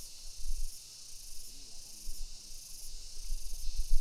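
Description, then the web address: Cicada song: a continuous high shrill buzz with slow pulsing swells, above low rushing water. Cicadas with rice field irrigation water in Galunggung, October 2016. "GALUNGGUNG (PERTANIAN) suara pengairan sawah dan tonggeret"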